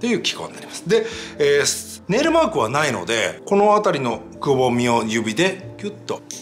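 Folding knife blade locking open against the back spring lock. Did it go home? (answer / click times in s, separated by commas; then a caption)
yes / 6.3 s. A man talks over background music as a Joker No. 67 Pointer Spanish-made lockback folding knife is opened by pushing the blade up at the finger recess, since it has no nail mark. The lockback snaps into place with a sharp click at 6.3 s, locking the blade open so it will not fold during use.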